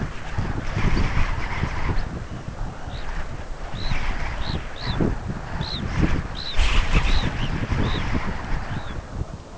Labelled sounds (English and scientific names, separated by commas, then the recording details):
Red Phalarope (Phalaropus fulicarius)
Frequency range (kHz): Red Phalarope (Phalaropus fulicarius) 2.2-6.0 kHz
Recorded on Arctic tundra, site UTQI-5, on 12 June 2019
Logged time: 08:00